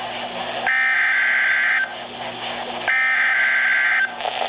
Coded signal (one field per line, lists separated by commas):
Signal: Emergency Alert System (SAME) tones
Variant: header bursts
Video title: Winter Storm Warning (EAS #374)